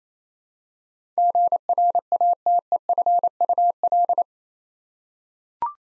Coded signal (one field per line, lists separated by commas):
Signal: Morse code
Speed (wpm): 27 wpm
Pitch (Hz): 700 Hz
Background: none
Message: GRATEFUL